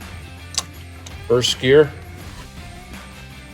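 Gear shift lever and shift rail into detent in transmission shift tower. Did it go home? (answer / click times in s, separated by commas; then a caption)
yes / 0.6 s. The steel gear shift lever on a rebuilt Ford Model A transmission shift tower is moved from neutral into first gear, and a sharp metallic click at 0.6 s marks the shift rail snapping into its detent. Someone talks over a low background hum. The lever seats firmly in first gear, and the shift is judged nice and firm.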